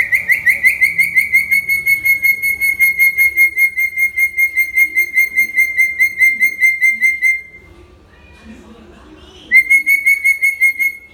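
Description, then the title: Hill myna producing a long, fast trilled whistle at a steady pitch for about seven seconds, then a quiet gap and a second trilled phrase. Talkative ('gacor') hill myna song used as a tutor recording for training birds. "Suara Burung Beo Gacor Cocok Untuk Masteran"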